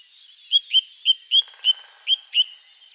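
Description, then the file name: Song thrush song: a short whistled note repeated seven times in quick succession, each with a slight downward inflection, over a faint steady hiss. "Grive musicienne"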